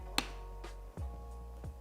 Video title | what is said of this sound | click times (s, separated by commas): Nikon Z30 Creator Kit Tutorial - Unboxing & putting together your kit! | This top port is where the mic is going to plug in. Let that snap in place. | 0.2 s